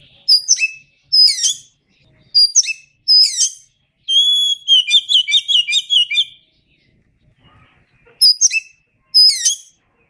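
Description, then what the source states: Oriental magpie-robin singing sharp, downslurred whistled phrases in pairs, then a fast run of varied notes, before the paired whistles return. Known by the Indonesian name kacer; described as gacor, singing often and vigorously.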